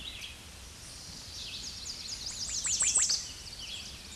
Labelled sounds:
American Redstart (Setophaga ruticilla) song
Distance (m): 15 m
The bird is about 10 m above the microphone
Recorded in a Pennsylvania forest on 16 May 2024 at 06:53
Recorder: AudioMoth, point MSD-0827
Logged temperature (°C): 12.1 °C
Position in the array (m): 123 m, 205 m

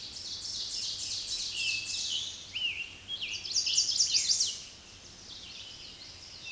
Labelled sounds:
Ovenbird (Seiurus aurocapilla) song
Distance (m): 25 m
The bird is about level with the microphone
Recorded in a Pennsylvania forest on 16 May 2024 at 06:33
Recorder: AudioMoth, point MSD-2166
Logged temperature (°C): 16.3 °C
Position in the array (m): 135 m, 5 m

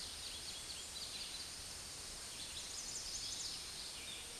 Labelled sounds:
Chestnut-sided Warbler (Setophaga pensylvanica) song
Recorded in a Pennsylvania forest on 16 May 2024 at 06:18
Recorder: AudioMoth, point MSD-0398
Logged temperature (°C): 16.4 °C
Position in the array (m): 170 m, 103 m

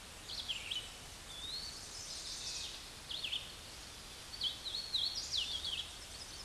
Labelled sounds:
Hooded Warbler (Setophaga citrina) song
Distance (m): 35 m
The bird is about 25 m above the microphone
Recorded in a Pennsylvania forest on 16 May 2024 at 08:22
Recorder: AudioMoth, point MSD-2258
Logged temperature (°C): 15.2 °C
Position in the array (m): 169 m, 106 m

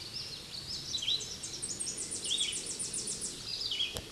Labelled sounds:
Tennessee Warbler (Leiothlypis peregrina) song
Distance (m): 25 m
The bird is about 15 m above the microphone
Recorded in a Pennsylvania forest on 16 May 2024 at 09:32
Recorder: AudioMoth, point MSD-2305
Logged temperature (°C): 16.9 °C
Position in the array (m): 73 m, 200 m

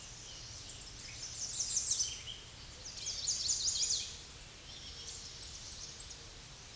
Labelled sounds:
American Redstart (Setophaga ruticilla) song
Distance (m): 25 m
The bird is about 20 m above the microphone
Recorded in a Pennsylvania forest on 16 May 2024 at 07:42
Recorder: AudioMoth, point MSD-2074
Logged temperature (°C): 16.3 °C
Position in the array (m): 153 m, 202 m

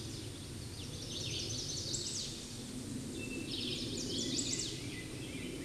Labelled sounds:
Chestnut-sided Warbler (Setophaga pensylvanica) song
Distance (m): 40 m
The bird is about 5 m above the microphone
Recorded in a Pennsylvania forest on 16 May 2024 at 08:59
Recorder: AudioMoth, point MSD-2391
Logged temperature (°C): 15.0 °C
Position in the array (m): 117 m, -0 m

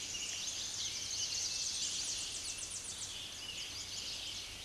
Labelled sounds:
Tennessee Warbler (Leiothlypis peregrina) song
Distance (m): 35 m
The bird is about 5 m above the microphone
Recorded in a Pennsylvania forest on 16 May 2024 at 06:42
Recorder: AudioMoth, point MSD-0508
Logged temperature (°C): 15.5 °C
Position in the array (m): 68 m, 181 m

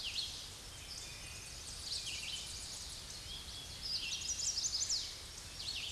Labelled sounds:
Chestnut-sided Warbler (Setophaga pensylvanica) song
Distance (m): 60 m
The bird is about 5 m above the microphone
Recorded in a Pennsylvania forest on 16 May 2024 at 07:14
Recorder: AudioMoth, point MSD-2208
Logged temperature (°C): 15.2 °C
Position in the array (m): 124 m, 142 m

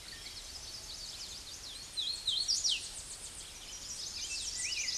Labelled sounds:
Hooded Warbler (Setophaga citrina) song
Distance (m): 25 m
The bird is about 20 m above the microphone
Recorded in a Pennsylvania forest on 16 May 2024 at 07:11
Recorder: AudioMoth, point MSD-0438
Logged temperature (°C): 14.5 °C
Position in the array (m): 105 m, 109 m

